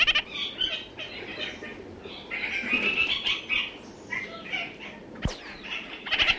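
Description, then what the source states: Red-crowned parakeet giving a continuous scratchy chatter of rapid notes, broken by one sharp click near the end. New Zealand.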